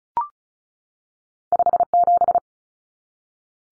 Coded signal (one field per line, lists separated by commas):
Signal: Morse code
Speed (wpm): 34 wpm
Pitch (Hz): 700 Hz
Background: none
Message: 57